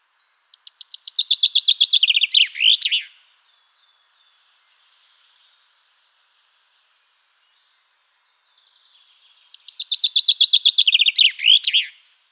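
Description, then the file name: Common chaffinch singing two complete phrases: rapid, cascading notes that speed downward and end in a sharp twirled flourish, with a pause of about six seconds between them. "Fringilla coelebs"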